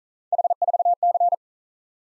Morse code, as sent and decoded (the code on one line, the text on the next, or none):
.... ....- -.-.
H4C